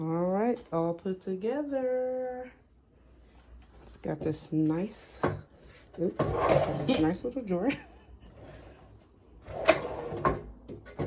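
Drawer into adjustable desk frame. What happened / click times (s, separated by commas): The drawer is handled but has not yet locked home / none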